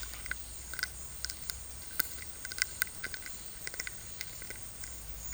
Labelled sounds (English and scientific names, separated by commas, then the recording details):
none
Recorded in dense forest near Puerto Asís, Putumayo, Colombia, on 19 March 2025 at 12:30
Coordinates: 0.484, -76.317
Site G064